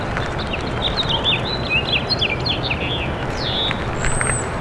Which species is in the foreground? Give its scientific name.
Haemorhous mexicanus